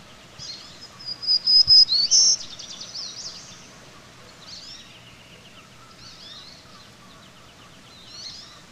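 Black-throated green warbler singing one high, buzzy phrase of wheezy notes, followed by softer chirps from other birds.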